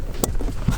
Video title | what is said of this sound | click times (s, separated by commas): Blower Motor Resistor Replacement (DIY / How To Tacoma) | make sure it locks in place just | 0.2 s